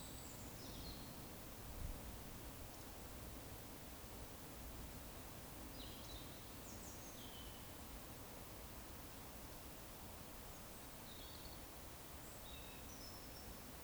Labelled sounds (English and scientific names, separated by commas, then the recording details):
Eurasian Woodcock (Scolopax rusticola)
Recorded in Baden-Württemberg, Germany, on 19 May 2021 at 19:18 UTC
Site 45967, 814 m above sea level